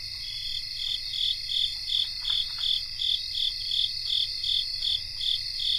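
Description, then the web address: Chorus of crickets, evenly paced chirps nearly three a second riding on a constant ringing high trill throughout. Cricket chorus recorded in North America. "Nature Songs N America Songs of Insects 77-Cricket chorus"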